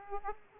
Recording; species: mosquito wingbeat signal from an infrared sensor; Aedes aegypti